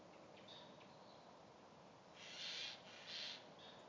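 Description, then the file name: Eurasian jay uttering two short, rasping screeches near the end. "Garrulus glandarius"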